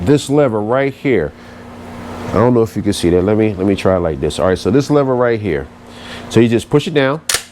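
Someone talks while handling the release lever on the spring-loaded folding brace of a Sig Sauer P320 Flux Legion pistol chassis, getting ready to push it down. The brace has not yet shot out and locked open, and nothing has seated or clicked yet.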